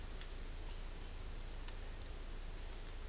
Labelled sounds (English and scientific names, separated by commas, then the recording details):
none
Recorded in dense forest near Puerto Asís, Putumayo, Colombia, on 18 December 2024 at 11:30
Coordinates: 0.484, -76.317
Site G026